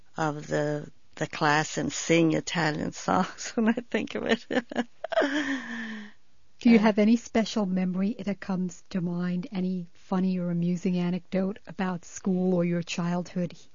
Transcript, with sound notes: of the class and sing Italian songs, when I think of it. ( she laughs )
Do you have any special memory that comes to mind, any funny or amusing anecdote about school or your childhood